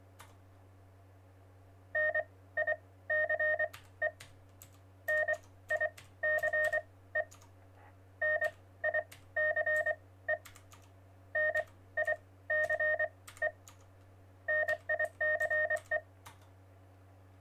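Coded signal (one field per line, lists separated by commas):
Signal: Morse code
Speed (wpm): 24 wpm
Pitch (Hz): 1850 Hz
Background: none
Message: NICE NICE NICE NICE NICE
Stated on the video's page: Test stream, checking levels.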